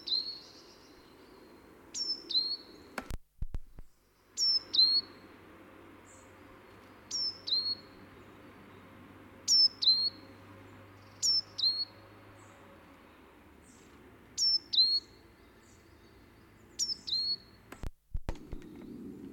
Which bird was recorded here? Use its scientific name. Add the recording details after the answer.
Parus major. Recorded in the wild. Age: adult. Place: Kaiserslautern, Rheinland-Pfalz, DE. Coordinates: 49.4372, 7.80972. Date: 1978-02-28. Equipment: Nagra IV, Sennheiser MKH 405, Parabolreflektor. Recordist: Tretzel, Erwin